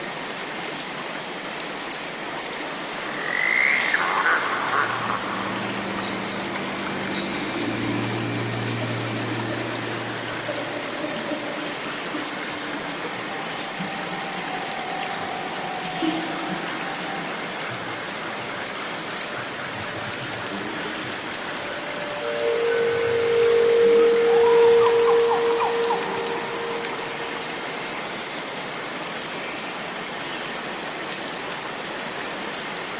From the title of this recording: Walking in the ancient magical rainforest, stepping through the swamp, the healing sound of cicadas